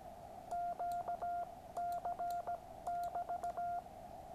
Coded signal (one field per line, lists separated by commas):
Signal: Morse code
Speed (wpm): 17 wpm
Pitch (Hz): 700 Hz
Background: none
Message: QC<BT>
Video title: The QRP Labs QCX Morse Code Radio Kit.